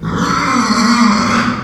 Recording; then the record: squeal of a Yucatan mini pig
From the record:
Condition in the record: after surgery on the right vocal fold (resection and tissue-engineered implant); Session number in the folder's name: 16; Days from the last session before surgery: 183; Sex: female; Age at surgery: 19 weeks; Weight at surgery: 25 kg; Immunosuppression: prednisolone